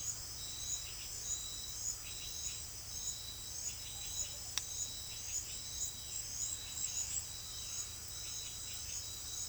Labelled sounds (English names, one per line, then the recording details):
none
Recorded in secondary vegetation near Puerto Asís, Putumayo, Colombia, on 23 June 2025 at 17:30
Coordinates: 0.500, -76.326
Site GP08